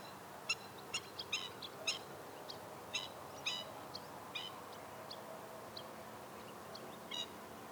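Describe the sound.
Black-winged stilt uttering short sharp high notes, singly and in quick pairs, at irregular intervals over a steady low background hiss.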